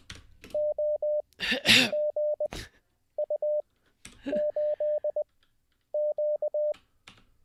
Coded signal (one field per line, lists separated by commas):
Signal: Morse code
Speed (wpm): 20 wpm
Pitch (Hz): 600 Hz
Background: none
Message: OGU8Q